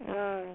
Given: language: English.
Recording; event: throat vibration sensor signal played as sound; speech